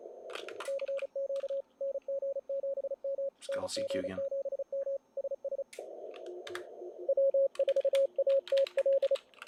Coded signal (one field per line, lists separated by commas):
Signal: Morse code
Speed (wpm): 33 wpm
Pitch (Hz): 560 Hz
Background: speech, radio noise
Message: CQ NG7M NG7M SS W4ATL